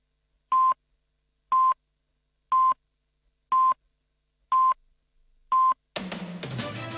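Six short, identical telephone-style beep tones sound at a steady one-per-second pace, each a clean mid-pitched bleep, as a caller phones in to the song-request segment of the Hong Kong radio show 瘋 Show 快活人, followed by a sudden burst of loud, dense, noisy sound.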